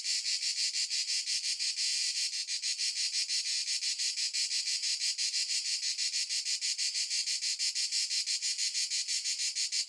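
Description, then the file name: Cicada buzzing song, a high-pitched rasp made of rapid pulses, steady and unbroken for the whole stretch, with no other sounds. A single cicada recorded at noon in the Italian countryside. "single cicada noon countryside italy"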